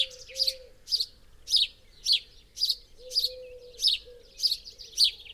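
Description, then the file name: House sparrow chirping steadily, about ten buzzy chirps in quick succession, with low drawn-out tones underneath. "Passer domesticus"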